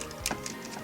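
Plastic tabs on a transforming robot toy are pushed into their matching holes while it is turned into spaceship mode. Two short, sharp clicks sound at 0.3 s and 0.5 s over a faint steady background. The plastic parts snap together and seat in place.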